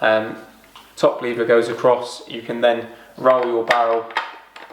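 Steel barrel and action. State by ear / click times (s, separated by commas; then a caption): not seated / none. Someone talks while the top lever of a Browning Ultra XS Pro AC shotgun is pushed across so the barrels can be rolled into the steel action, which the top lever will then lock. Two brief sharp sounds come near the end, at 4.6 s and 4.8 s. The clip ends before the barrels go home, and nothing has seated or clicked yet.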